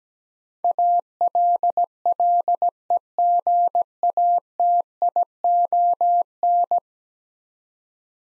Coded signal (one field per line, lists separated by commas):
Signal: Morse code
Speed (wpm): 17 wpm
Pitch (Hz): 700 Hz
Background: none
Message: ALLEGATION